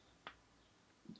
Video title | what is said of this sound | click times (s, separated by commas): Micro Roni gen 4 for Glock 17,19 9mm | we simply slide it forward until we hear another click and that's pretty much it following | 0.3 s